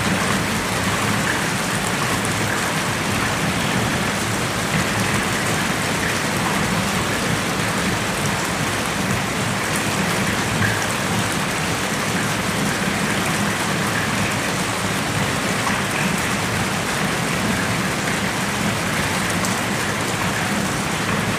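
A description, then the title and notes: Rain falls steadily on a balcony in the city, a dense, even hiss of countless drops with a brighter patter on top. The sound holds constant for the whole stretch, with a faint low rumble underneath, possibly traffic. Rain on a balcony in the City.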